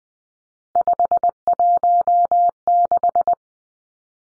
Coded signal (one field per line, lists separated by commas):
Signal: Morse code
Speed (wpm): 20 wpm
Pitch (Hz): 700 Hz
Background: none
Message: 516